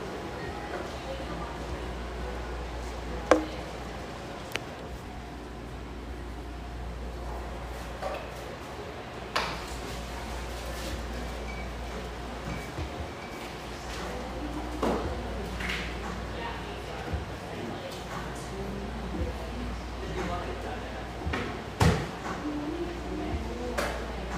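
Steady murmur of voices and activity in a cafe, over a constant low hum. Sharp knocks and clinks stand out now and then, near 3, 9.5, 15 and 22 seconds, like cups, doors or cupboards, with softer clatter scattered between.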